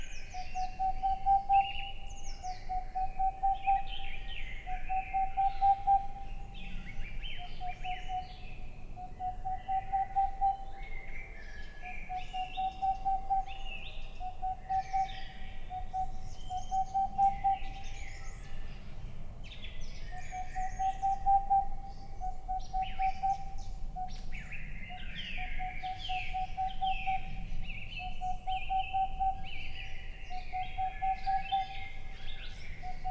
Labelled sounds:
Boreal Owl

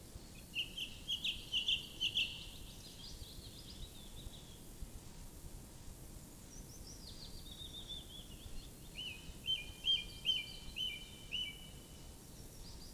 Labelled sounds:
Song Thrush song

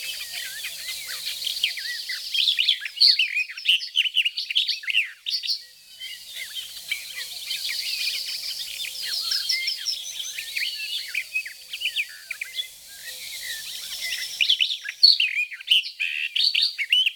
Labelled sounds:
Barred Warbler song

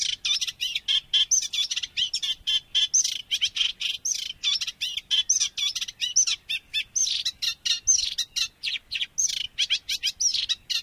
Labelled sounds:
Eurasian Reed Warbler song

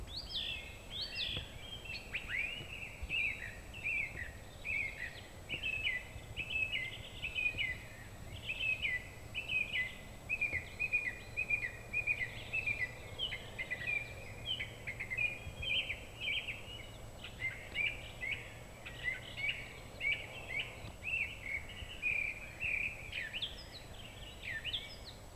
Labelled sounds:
Song Thrush song

